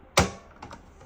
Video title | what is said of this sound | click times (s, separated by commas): HP DeskJet 2600 Printing Blank Pages? Fix It Step by Step | And then I like to put my finger here for some tension, and I just push it in with my thumb until it clicks. | 0.2 s